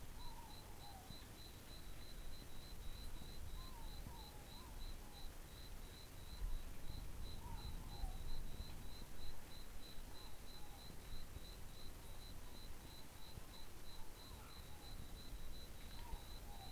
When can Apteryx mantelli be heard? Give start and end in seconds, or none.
none